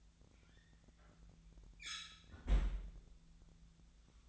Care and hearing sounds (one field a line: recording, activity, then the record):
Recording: daily activity, microphone in the room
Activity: close fridge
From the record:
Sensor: 3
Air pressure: 1009.6 hPa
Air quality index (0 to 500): 193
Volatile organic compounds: 15 ppm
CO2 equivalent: 2510 ppm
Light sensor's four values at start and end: 33/82/35/37 and 33/82/35/37